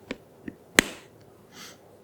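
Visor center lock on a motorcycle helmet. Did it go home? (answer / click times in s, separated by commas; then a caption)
yes / 0.8 s. The clear visor of a Shoei RF-1400 Prologue motorcycle helmet is closed onto its central locking tab. Two faint ticks come at about 0.1 and 0.5 seconds, then the lock snaps shut with a sharp plastic click at 0.8 seconds, followed by a soft hiss around 1.6 seconds. The visor center lock is seated.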